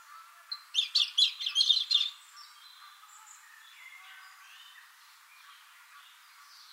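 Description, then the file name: European robin song: a single quick phrase of rapid, twittering high notes lasting just over a second, followed by soft faint warbles and quiet hiss. "Erithacus rubecula"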